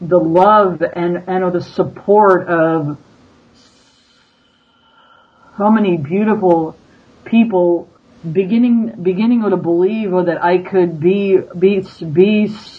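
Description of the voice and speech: An adult woman who stutters speaks, with prolonged sounds, a long silent block mid-phrase, a whole-word repetition and halting repeated syllables at the end. She has attended the SSMP stuttering modification program.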